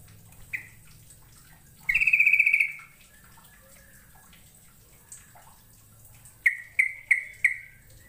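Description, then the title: Bird song, a fast buzzy trill of rapid high pulses lasting about a second, later a few sharp chirps in a row, with quiet background twitter. "Kicau Burung"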